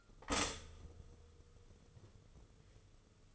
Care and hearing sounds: daily activity, microphone in the room; stop toaster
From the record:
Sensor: 4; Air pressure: 995.3 hPa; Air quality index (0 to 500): 215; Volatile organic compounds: 253 ppm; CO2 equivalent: 4368 ppm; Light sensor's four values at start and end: 25/79/30/31 and 28/86/33/35

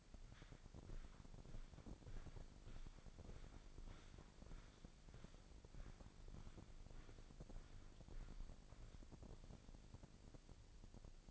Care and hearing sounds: daily activity, microphone in the room; walk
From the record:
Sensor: 5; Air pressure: 1009.4 hPa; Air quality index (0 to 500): 149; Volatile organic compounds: 2 ppm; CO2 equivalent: 1154 ppm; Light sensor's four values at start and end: 354/844/363/404 and 353/842/362/403

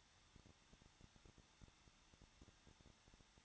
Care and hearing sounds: daily activity, microphone in the room; no activity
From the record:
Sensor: 3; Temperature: 21.2 degrees Celsius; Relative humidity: 36.4%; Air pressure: 1006.3 hPa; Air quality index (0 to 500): 222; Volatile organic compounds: 41 ppm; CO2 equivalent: 3172 ppm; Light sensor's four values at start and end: 2/3/2/2 and 2/3/2/2

